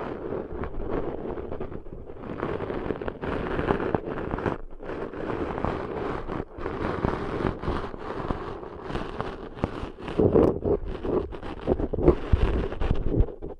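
Deep ear cleaning sounds: continuous scraping and rubbing, dense and crackly, with bursts of rustling that stop and start every second or so. Short silent gaps fall near 2, 4.5 and 6.5 seconds, and the scratching grows louder and more forceful after about 10 seconds.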